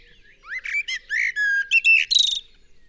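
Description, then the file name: Common blackbird giving a single rich, fluty warble of several notes that finishes with a bright, buzzy high twitter. "Turdus merula 180718"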